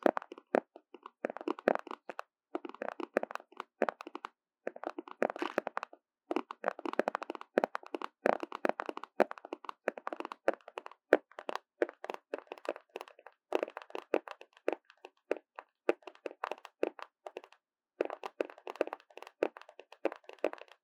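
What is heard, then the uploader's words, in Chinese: Random tapping and knocking on whatever objects are at hand, a rapid, irregular string of sharp clicks and cracks running through the whole 21 seconds. The hits come in dense bursts with brief pauses near 4.5 and 17.5 seconds, and the tone shifts from hit to hit. 隨機敲敲。Tapping。NO Talking。手邊的東西，拿到啥就敲啥。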